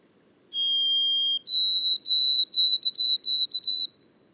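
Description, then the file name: White-throated sparrow song: a long low whistle followed by a higher note repeated in several quick stuttering segments, clean and without other sounds. Boreal forest of Haute-Côte-Nord, 29 May 2018. "bruant-a-gorge-blanche-foret-boreale-de-la-haute-cote-nord-29-mai-2018"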